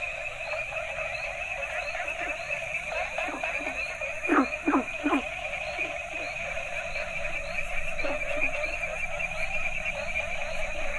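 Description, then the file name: Frogs croaking in a dense chorus: steady droning tones underneath, with short low croaks popping out, including a quick run of three loud croaks midway. Several frog species calling together in Asia, a soundscape. "asian frogs variety"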